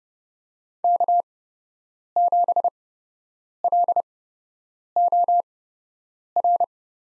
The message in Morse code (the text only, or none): K7LOR